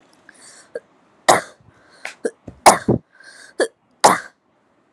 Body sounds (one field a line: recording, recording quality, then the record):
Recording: heavy voluntary cough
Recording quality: excellent, no background noise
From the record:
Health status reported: exposed to COVID-19, no respiratory illness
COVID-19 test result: negative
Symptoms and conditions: none ticked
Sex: female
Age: 23 years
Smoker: not ticked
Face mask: not worn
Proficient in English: yes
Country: India